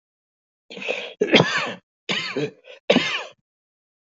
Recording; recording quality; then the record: heavy voluntary cough; excellent, no background noise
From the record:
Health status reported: healthy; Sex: male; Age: 50 years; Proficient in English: yes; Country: United States